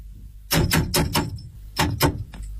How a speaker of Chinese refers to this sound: 高士奇住进了石磨胡同，大模大样的架势更是显了出来。每天回自家门前，总要先端端架子，咚咚地叩响门环。